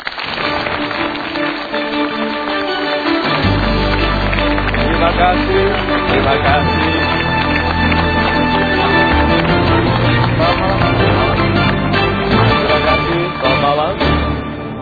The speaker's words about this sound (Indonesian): Dan ini langsung saja kita sambut dengan tepuk tangan yang paling meriah untuk Bapak Mario Teguh.